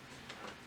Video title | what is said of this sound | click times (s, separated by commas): Unboxing Msi Optix MAG27CQ | and you'll hear a nice audible click. Very nice. | 0.3 s